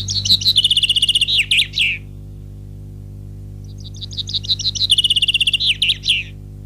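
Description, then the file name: Common chaffinch song, a bright trill of repeated notes ending in a flourish, given twice with a short pause between, over a steady low hum. "Fringilla coelebs"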